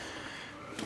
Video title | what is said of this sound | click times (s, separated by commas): ARB Twin Onboard Air Compressor Install & Wiring for INEOS Grenadier (Brush Motor Version) | So, you hear how it snapped in. | 0.8 s